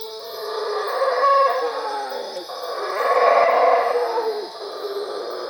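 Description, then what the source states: Howler monkey howls, two rasping roaring surges each ending in a sliding downward moan, over a steady high hum. Recorded at Cuevas.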